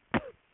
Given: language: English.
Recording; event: throat vibration sensor signal played as sound; cough